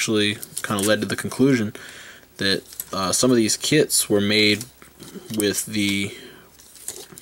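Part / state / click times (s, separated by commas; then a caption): plastic add-on part into a 1/144 model kit / seated / 6.9 s. A plastic add-on part is fitted into a 1/144 model kit while someone talks. A sharp click at 6.9 s marks the part snapping into place, and the part is seated with a perfect fit.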